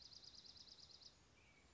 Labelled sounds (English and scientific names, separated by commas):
Dark-eyed Junco (Junco hyemalis)